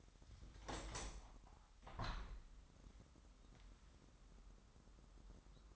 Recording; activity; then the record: daily activity, microphone in the room; open window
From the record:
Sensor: 3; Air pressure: 997.9 hPa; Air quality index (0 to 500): 133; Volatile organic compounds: 4 ppm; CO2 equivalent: 1590 ppm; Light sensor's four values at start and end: 14/42/17/15 and 14/42/17/16